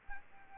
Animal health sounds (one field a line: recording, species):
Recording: mosquito wingbeat signal from an infrared sensor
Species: Aedes albopictus